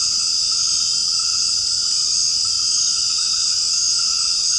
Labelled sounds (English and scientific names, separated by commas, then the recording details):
none
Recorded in secondary vegetation near Puerto Asís, Putumayo, Colombia, on 8 March 2025 at 20:00
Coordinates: 0.502, -76.326
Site G100